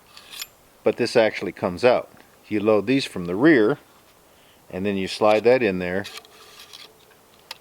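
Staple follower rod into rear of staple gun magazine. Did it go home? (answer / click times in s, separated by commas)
yes / 7.5 s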